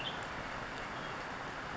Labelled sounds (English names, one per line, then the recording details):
Western Tanager
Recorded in Sonoma County, California